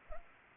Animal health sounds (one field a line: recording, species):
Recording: mosquito wingbeat signal from an infrared sensor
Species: Culex pipiens